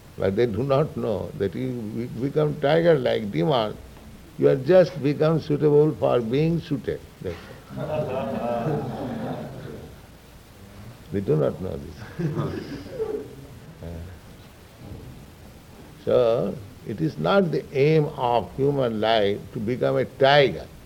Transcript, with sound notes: But they do not know that if you become tigerlike, demon, you are just become suitable for being shooted. That's all. [laughter] They do not know this. So it is not the aim of human life to become a tiger.